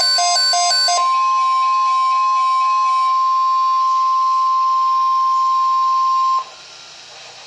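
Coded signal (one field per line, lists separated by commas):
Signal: Emergency Alert System (SAME) tones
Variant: 1050 Hz attention tone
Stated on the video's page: Tornado Watch with all three SAME headers, recorded off a single NOAA weather radio transmitter in Bloomington while another was down.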